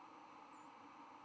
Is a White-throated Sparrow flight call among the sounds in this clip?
no